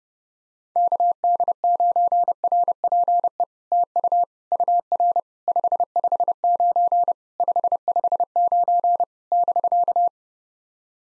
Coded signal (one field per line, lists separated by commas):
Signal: Morse code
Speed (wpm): 30 wpm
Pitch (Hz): 700 Hz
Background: none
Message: KD9RPE TU UR 559 559 <BK>